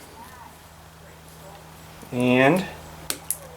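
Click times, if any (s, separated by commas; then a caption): 3.1 s, 3.3 s. The second of two small clip-on kit accessories is snapped onto a headlight assembly. Someone talks briefly, then two sharp snaps come at 3.1 s and 3.3 s, and the part is clipped on and seated.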